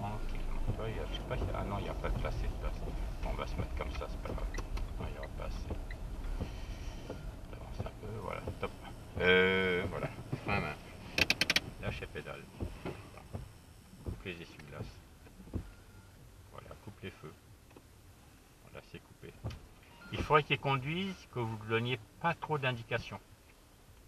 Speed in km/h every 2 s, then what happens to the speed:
8, 8, 7, 4, 0, 0, 0, 0, 0, 0, 0, 0.
0-7 steady at about 7. 7-24 standing.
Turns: none.